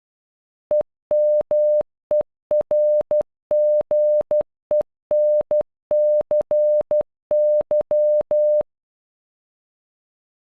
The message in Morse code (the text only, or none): EMERGENCY